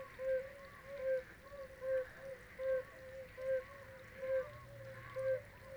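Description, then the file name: Oriental fire-bellied toads singing: soft, low, hollow notes repeated steadily about once every 0.8 seconds, with a gentle background hiss. Several toads singing at Xi Shan, 18 April 2026, 19:20. "2026-04-18-1920-Oriental-Fire-bellied-Toads-singing-Xi Shan"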